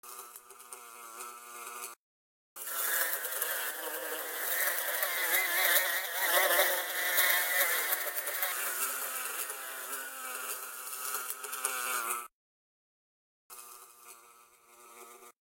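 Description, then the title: Wasps buzzing in a steady, droning hum rich in overtones. It swells louder through the middle, with short silent breaks near the start and end. "Insectes : Guèpes"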